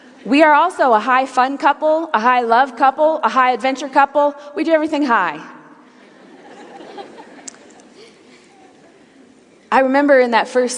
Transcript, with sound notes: We are also a high-fun couple, a high-love couple, a high-adventure couple. We did everything high. (laughter) I remember in that first year...